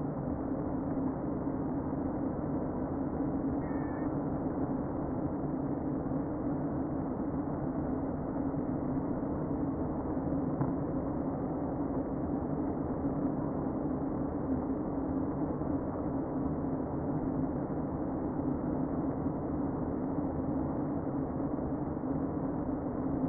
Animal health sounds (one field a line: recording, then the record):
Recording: honeybee colony, microphone inside the hive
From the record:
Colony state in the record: queen present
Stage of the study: before two queens were removed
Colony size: about 60,000 bees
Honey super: yes